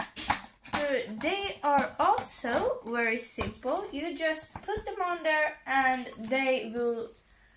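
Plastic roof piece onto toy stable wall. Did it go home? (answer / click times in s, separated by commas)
no / none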